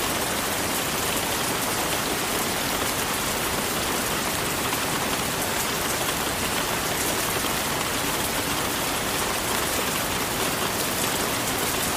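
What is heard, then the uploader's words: Rain falls steadily in a forest, a dense, even hiss that fills the whole clip without letting up. The sound is bright, with faint patter of drops on surfaces and a soft low rumble underneath. Rain Sounds for Sleeping In Rainforest Treehouse Bedroom.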